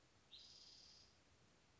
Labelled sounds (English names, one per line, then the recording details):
Spotted Towhee
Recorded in Sonoma County, California